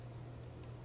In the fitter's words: line them up and then just rotate it clockwise until it clicks into place